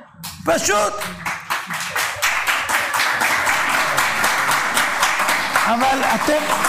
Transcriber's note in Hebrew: הקהל צוחק ומוחא כפים